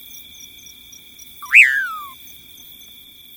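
Common pauraque, a single slurred whistle rising abruptly then descending; continuous buzzing insects and rhythmic high ticking fill the background.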